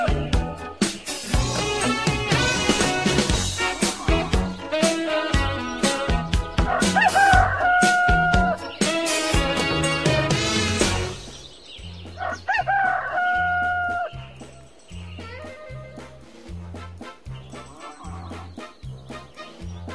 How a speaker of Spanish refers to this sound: Aquella mañana, la luna amaneció bien temprano, cuando el canto de la gallina anunciaba el nuevo día.